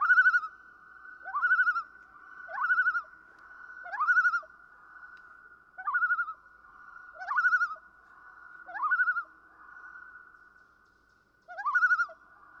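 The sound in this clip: Common loon calling repeatedly, about eight upslurred, wavering notes over a continuous steady background tone.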